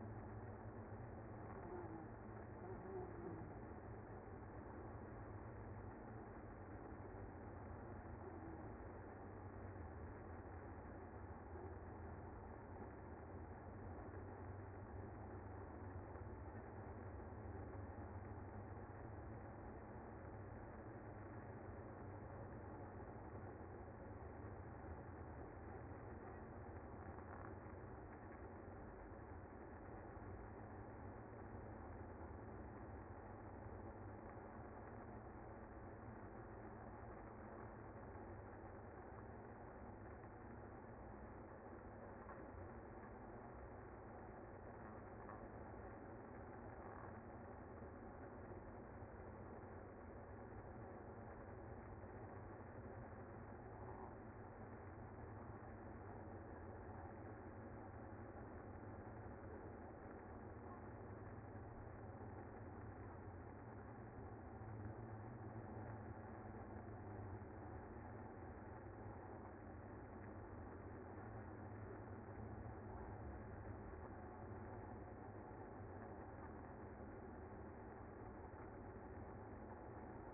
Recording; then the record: honeybee colony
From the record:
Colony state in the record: active